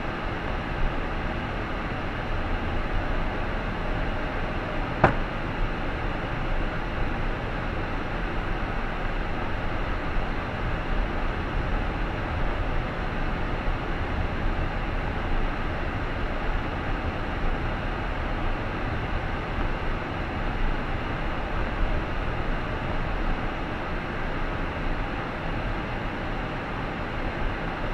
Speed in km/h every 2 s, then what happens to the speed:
31, 37, 43, 42, 39, 37, 39, 38, 39, 40, 41, 43, 47, 50.
0-4 speeds up to 43. 4-15 steady at about 39. 15-28 speeds up to 50.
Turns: 8-22.